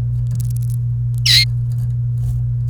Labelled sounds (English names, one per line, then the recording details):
Domestic Canary song
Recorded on 28 April 2018 at 10:37
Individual llb3